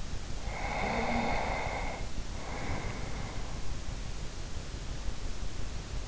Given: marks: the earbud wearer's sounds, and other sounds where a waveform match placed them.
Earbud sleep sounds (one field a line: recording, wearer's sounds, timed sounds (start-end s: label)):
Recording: sounds in sleep by an in-ear microphone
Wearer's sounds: breath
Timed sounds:
0.42-3.95 s: breath